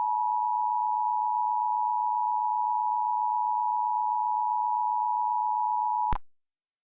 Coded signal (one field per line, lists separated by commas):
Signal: Emergency Alert System (SAME) tones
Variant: 853 and 960 Hz attention tone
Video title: What a lovely day ain't it? - EAS Mock